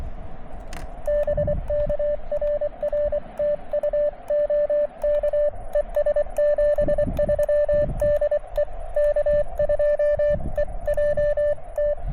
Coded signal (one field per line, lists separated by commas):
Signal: Morse code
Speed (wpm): 24 wpm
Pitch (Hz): 590 Hz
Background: music, radio noise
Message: BK RR TU OK ES 73 DE K2EJT